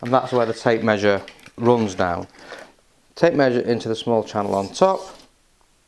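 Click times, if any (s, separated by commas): none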